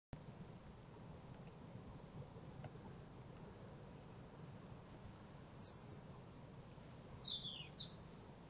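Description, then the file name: European robin calls: a few thin high notes, then one sharp loud note followed by a short tumbling run of descending high notes, over a faint low rumble. "Erithacus rubecula"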